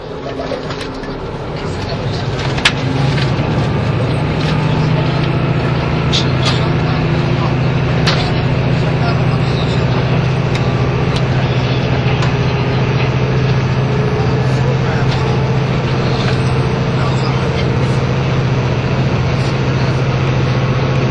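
A KiHa 85 diesel train on the Hida No. 1 hums with a steady low engine drone, dense rumble and scattered sharp clicks throughout.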